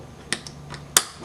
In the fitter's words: it's snaps in place